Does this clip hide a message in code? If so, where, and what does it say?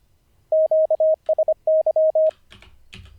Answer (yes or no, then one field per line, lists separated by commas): yes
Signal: Morse code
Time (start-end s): 0.5-2.3 s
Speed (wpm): 25 wpm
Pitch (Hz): 630 Hz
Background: none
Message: QSY